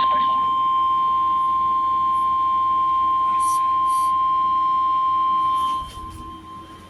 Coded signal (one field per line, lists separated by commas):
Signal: Emergency Alert System (SAME) tones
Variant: 1050 Hz attention tone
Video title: CHAOS ACROSS NEW ENGLAND! - EAS Alerts from 08/08/2023 (EAS #317-#325)